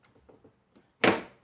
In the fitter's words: is its cover that has a little catch here and locks into place from two sides.